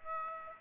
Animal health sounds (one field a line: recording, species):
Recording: mosquito wingbeat signal from an infrared sensor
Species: Aedes aegypti